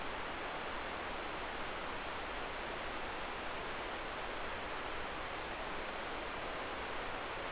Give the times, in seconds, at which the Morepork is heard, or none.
none